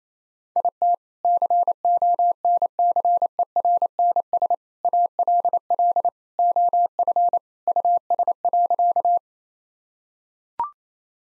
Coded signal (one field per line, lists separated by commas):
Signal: Morse code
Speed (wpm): 27 wpm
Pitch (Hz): 700 Hz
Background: none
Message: IT CONCERNS ALL OF US.